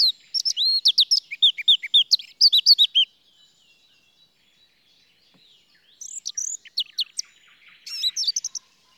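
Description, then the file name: Eurasian blackcap song, a fast warbling phrase of clear whistled notes, a three-second silence, then two shorter high bursts of song. "Sylvia atricapilla"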